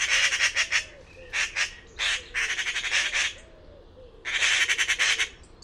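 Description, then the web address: Bird calling with rapid, grating squawks in uneven bursts, some short and some longer. "cianscape birddata Deverinetal 2025"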